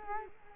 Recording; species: mosquito wingbeat signal from an infrared sensor; Culex quinquefasciatus